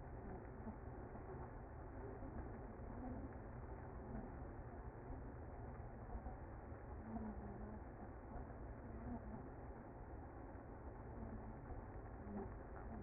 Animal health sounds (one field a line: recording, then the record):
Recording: honeybee colony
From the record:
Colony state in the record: active